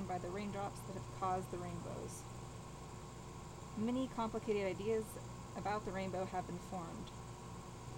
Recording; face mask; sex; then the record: reading aloud; surgical mask; female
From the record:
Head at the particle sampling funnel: tilted down, bridge of the nose in front of it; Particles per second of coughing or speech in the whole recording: 0.813